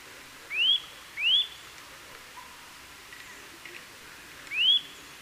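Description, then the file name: Eurasian nuthatch uttering clear, rising whistled notes, two in quick succession and then a third after a pause, over steady background hiss. "Sitta europaea"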